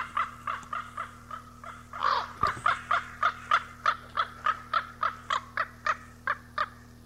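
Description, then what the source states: Common raven producing a steady series of short croaks, about three per second, briefly broken by a louder rough burst and a click, hum underneath. Recorded 18 April 1994.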